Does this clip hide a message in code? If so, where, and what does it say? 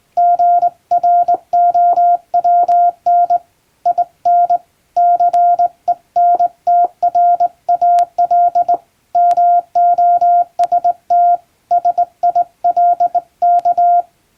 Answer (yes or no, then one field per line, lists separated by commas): yes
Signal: Morse code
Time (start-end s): 0.2-14.0 s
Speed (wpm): 20 wpm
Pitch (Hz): 700 Hz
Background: none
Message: GROWN IN CENTRAL MOST SILK